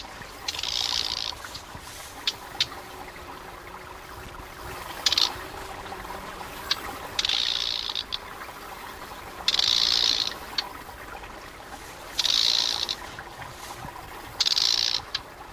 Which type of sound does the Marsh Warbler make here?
call